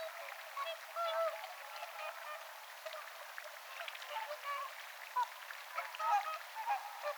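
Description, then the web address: Whooper swan flock calling, with a steady chatter of short honks and a few longer trumpeting notes at uneven intervals. Several whooper swans filtering food from the water with their bills, 18 October 2024. "paivat 18 10 2024 laulujoutsenet suodattavat vedesta jotain ruokaa nokallaan"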